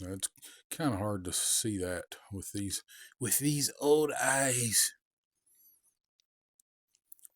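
Someone talks for the first five seconds, then a small plastic helmet piece is pushed into the helmet of a Valaverse Action Force Sidewinder Día de los Muertos action figure. Soft plastic clicks at about 7.1 and 7.3 seconds mark the piece popping into place, fully seated.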